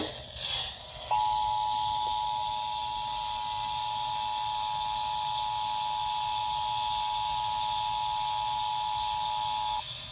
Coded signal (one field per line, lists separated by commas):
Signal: Emergency Alert System (SAME) tones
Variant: 853 and 960 Hz attention tone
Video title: September 2023 Texas Required Monthly Test (EAS #457-465)